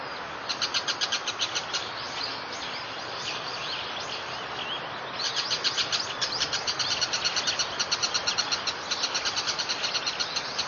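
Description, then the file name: Bull-headed shrike giving rapid, repeated high-pitched notes in two bursts, the second longer and steady, over a constant background hiss. Bull-headed shrike's high-pitched call, mozu no takanaki in Japanese; recorded 27 October 2013. "MOZU-TAKANAKI 131027"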